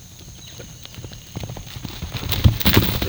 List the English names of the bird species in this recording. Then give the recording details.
Violaceous Jay. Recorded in pastures near Puerto Asís, Putumayo, Colombia, on 18 February 2024 at 06:30. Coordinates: 0.486, -76.323. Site G6462